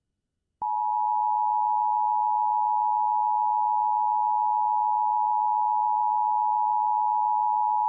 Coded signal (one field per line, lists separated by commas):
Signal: Emergency Alert System (SAME) tones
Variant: 853 and 960 Hz attention tone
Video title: Severe Thunderstorm Warning on WBAP-AM (EAS #1356)